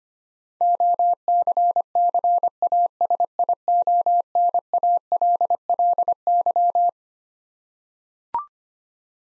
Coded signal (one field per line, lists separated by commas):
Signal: Morse code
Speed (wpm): 25 wpm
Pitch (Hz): 700 Hz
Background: none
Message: OCCASIONALLY